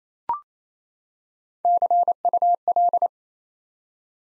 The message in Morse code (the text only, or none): CUL